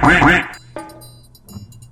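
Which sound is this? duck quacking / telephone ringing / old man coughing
duck quacking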